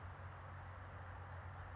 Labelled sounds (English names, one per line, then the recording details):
California Towhee
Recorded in Sonoma County, California